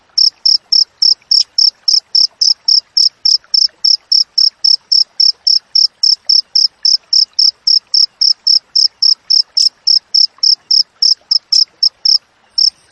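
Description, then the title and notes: Cricket song of rapid high chirps repeated steadily about four times a second, one brief pause near the end, faint clicks below. Wild cricket chirping with close, tight spacing between chirps, used as training audio for songbirds and for repelling rats. "Masteran Jangkrik Alam Jernih, Jeda Rapat Cocok Untuk Masteran Burung Dan Mengusir Tikus. suara jangkrik"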